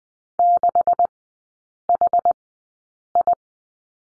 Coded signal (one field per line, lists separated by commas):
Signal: Morse code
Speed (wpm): 20 wpm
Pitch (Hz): 700 Hz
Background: none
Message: 6HI